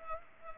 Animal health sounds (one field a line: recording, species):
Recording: mosquito wingbeat signal from an infrared sensor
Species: Culex pipiens